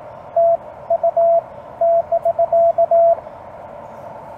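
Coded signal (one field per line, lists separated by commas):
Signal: Morse code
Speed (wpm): 17 wpm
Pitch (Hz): 680 Hz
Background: none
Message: TU<BK>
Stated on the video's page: CW during a park activation, used as copy practice.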